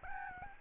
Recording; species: mosquito wingbeat signal from an infrared sensor; Aedes albopictus